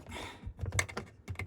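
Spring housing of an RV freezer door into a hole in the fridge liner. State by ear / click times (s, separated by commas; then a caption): seated / 0.8 s. On the left side of a Dometic RV fridge, the plastic spring housing of the freezer door is rotated and moved until it pops into a small hole in the fridge liner; a screwdriver may be needed for a little force. A quick series of light plastic clicks and taps is heard, with the loudest sharp click at 0.8 s as the housing pops in and seats.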